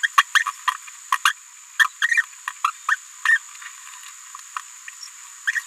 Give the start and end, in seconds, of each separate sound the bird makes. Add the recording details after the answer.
0.03-0.07, 0.18-0.22, 0.35-0.43, 1.25-1.32, 1.79-1.84, 2.08-2.23, 2.47-2.50, 2.64-2.71, 2.88-2.96, 3.25-3.39, 5.47-5.51. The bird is a female. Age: 27 days. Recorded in a nest box in Venezuela. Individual 17B73B2